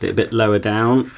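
The small plastic tool storage caddy for a Dyson Ball DC49 Multi floor Ultra Compact Vacuum Cleaner is handled and positioned a bit lower down on the vacuum wand or body while someone talks. Nothing has seated or clicked yet.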